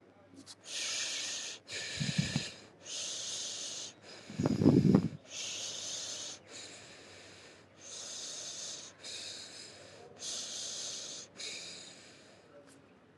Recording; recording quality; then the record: shallow breathing; excellent, no background noise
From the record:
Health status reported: healthy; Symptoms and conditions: none ticked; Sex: female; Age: 26 years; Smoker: not ticked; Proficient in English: yes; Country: India